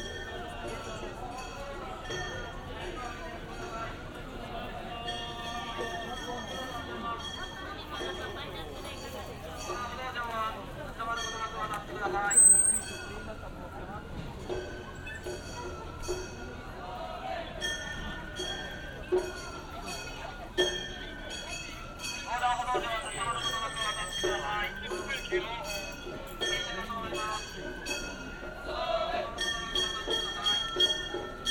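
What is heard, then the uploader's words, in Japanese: A festival float procession recorded binaurally on a city street. A crowd talks continuously while bright metallic clinks repeat and thin, high piping tones drift in and out. A sharp, louder knock stands out around twelve seconds. 祇園祭 山鉾巡行（バイノーラル）。立体音響（バイノーラル）収録。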